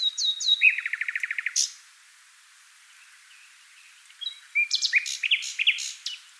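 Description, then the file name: Common nightingale singing: a few descending whistles, then a fast rattling trill of identical notes, a silent gap, and a jumble of rich chirps. "Luscinia megarhynchos"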